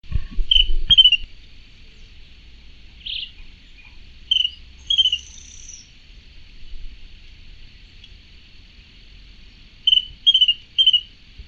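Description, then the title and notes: Hangnest tody-tyrant giving short, high chipping notes in quick pairs and triplets, separated by pauses of several seconds, after a dull thump at the start. "tachuri campainha. Casa dos Pássaros"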